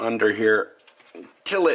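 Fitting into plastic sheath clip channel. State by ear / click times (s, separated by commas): not seated / none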